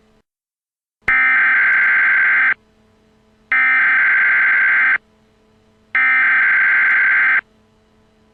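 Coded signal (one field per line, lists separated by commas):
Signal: Emergency Alert System (SAME) tones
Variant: header bursts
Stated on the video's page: EAS mockup recreating an alert for a fictional tornado-stricken town from a 1996 film.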